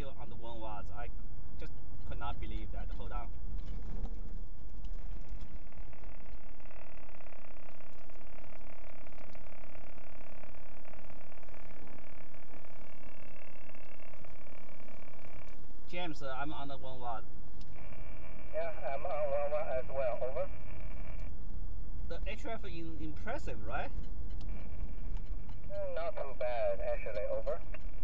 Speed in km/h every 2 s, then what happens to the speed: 32, 24, 13, 5, 3, 0, 0, 0, 10, 19, 29, 35, 35, 34.
0-9 brakes to 0. 9-15 standing. 15-22 pulls away to 35. 22-28 steady at about 35.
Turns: none.